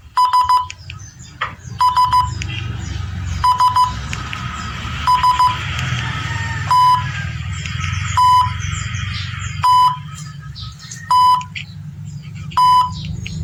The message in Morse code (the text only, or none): S S S S T T T T T